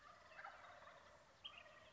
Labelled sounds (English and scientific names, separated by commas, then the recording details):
Wild Turkey (Meleagris gallopavo)
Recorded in Sonoma County, California